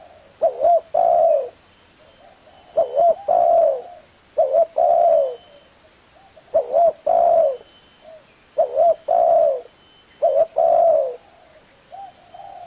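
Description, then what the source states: Spotted Dove repeating a phrase of hoarse coos, each phrase a short note then a longer drawn-out coo, given several times in succession. Spotted dove calls used as a lure to attract the birds.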